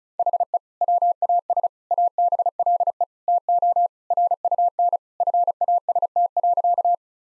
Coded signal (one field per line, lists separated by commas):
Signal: Morse code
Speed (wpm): 36 wpm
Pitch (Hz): 700 Hz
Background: none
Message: HE WAS ABLE TO RUN FAST.